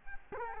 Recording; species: mosquito wingbeat signal from an infrared sensor; Culex quinquefasciatus